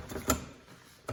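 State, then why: Not seated. A metal ski crampon (couteau) is slid into the mount of a touring ski binding; it is used on slopes with hard snow, pivoting to dig in and stop the ski from sliding back. Short knocks and scrapes of handling are heard, with a sharper hit at about 0.3 s and another at about 1.1 s. Nothing has seated or clicked yet.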